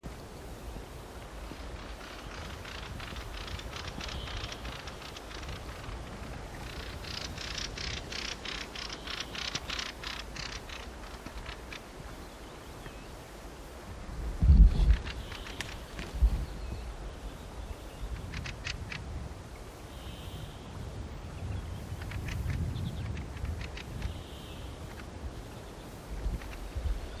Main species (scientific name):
Turdus pilaris